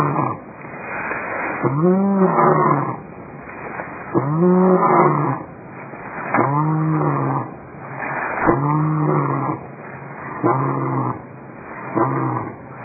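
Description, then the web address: Lion roaring in a series of low, arched, resonant grunts, about six calls spaced every two seconds or so. Recorded in 2001. "Eclipse lion"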